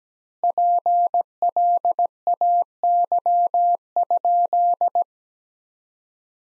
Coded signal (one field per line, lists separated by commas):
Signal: Morse code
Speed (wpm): 17 wpm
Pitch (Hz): 700 Hz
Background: none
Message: PLAY?